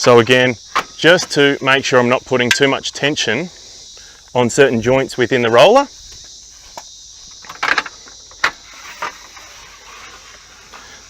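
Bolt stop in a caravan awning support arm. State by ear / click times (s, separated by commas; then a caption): seated / 8.4 s. Someone talks while a Sunburst Aussie Traveller caravan awning arm is lowered in stages so there isn't too much tension on certain joints within the roller. After a few small knocks around 7.5–7.9 s, the small bolt in the aluminium arm drops into its stop with a loud clunk at 8.4 s, and the arm is seated.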